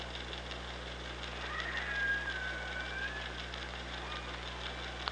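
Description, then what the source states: Killer whale call, one drawn-out tonal sound lasting about two seconds, heard against steady hiss and low hum. Recorded by an OrcaLab hydrophone on 24 August 2017 at 05:37:35.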